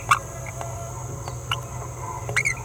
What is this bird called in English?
Green-rumped Parrotlet